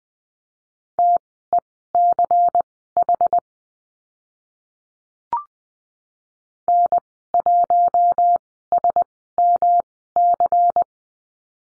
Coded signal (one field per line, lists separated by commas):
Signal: Morse code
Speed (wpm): 20 wpm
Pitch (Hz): 700 Hz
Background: none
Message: TECH N1SMC